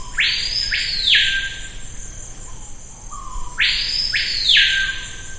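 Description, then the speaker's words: Screaming piha giving a very loud, ringing whistled call: a low note, then a sharp upward whip and falling sweep, repeated twice, over steady high insect buzz. Signature sound of the Amazon rainforest, heard across the Amazon; once thought to be possibly the loudest bird in the world. "And the screaming piha is really sort of the signature sound of the Amazon rainforest."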